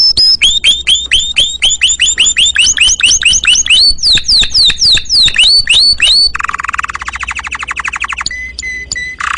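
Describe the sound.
Domestic canary song: rapid repeated phrases of swooping whistled notes, then a buzzy trill and a few sharp chips near the end.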